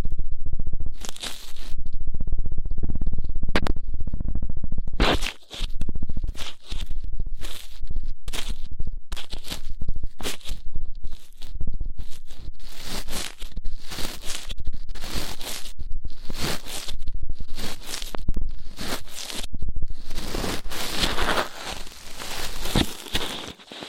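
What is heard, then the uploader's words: Rough ear cleaning produces loud scratchy rubbing and crackling bursts that come in quick, irregular strokes nearly every half second. The scraping has a hissy, bright edge over a low muffled thump, and it grows denser and rougher toward the end. ASMR Rough Ear Cleaning (No Talking).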